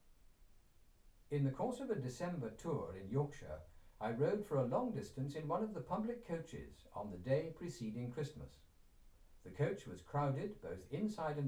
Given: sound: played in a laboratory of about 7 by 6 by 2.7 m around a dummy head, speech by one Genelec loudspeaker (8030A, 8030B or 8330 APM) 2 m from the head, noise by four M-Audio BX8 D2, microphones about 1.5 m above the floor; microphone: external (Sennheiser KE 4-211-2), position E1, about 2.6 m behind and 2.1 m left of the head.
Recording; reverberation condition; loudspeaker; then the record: male speech in English; low; 60 degrees to the left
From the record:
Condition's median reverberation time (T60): about 310 ms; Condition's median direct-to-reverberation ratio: about 3.5 dB